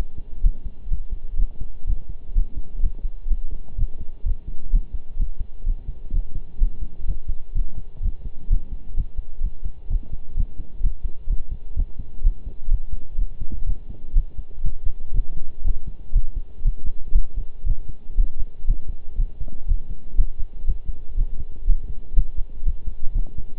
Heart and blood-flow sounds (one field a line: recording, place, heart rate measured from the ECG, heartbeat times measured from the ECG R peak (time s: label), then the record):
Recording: heart sounds by stethoscope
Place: between the tricuspid and mitral areas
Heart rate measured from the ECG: 124 bpm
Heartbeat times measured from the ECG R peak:
0.43 s: heartbeat
0.91 s: heartbeat
1.39 s: heartbeat
1.87 s: heartbeat
2.35 s: heartbeat
2.83 s: heartbeat
3.30 s: heartbeat
3.78 s: heartbeat
4.26 s: heartbeat
4.73 s: heartbeat
5.19 s: heartbeat
5.66 s: heartbeat
6.13 s: heartbeat
6.60 s: heartbeat
7.08 s: heartbeat
7.55 s: heartbeat
8.03 s: heartbeat
8.50 s: heartbeat
8.97 s: heartbeat
9.43 s: heartbeat
9.90 s: heartbeat
10.37 s: heartbeat
10.83 s: heartbeat
11.29 s: heartbeat
11.76 s: heartbeat
12.24 s: heartbeat
12.71 s: heartbeat
13.18 s: heartbeat
13.67 s: heartbeat
14.15 s: heartbeat
14.64 s: heartbeat
15.14 s: heartbeat
15.65 s: heartbeat
16.15 s: heartbeat
16.65 s: heartbeat
17.15 s: heartbeat
17.66 s: heartbeat
18.18 s: heartbeat
18.68 s: heartbeat
19.18 s: heartbeat
19.68 s: heartbeat
20.18 s: heartbeat
20.68 s: heartbeat
21.17 s: heartbeat
21.67 s: heartbeat
22.16 s: heartbeat
22.66 s: heartbeat
23.15 s: heartbeat
From the record:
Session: pedaling a stationary bicycle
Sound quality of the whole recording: partially saturated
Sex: male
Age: 23 years